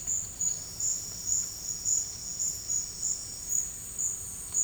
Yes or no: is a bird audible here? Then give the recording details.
no. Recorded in dense forest near Puerto Asís, Putumayo, Colombia, on 19 March 2025 at 11:30. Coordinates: 0.485, -76.318. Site G056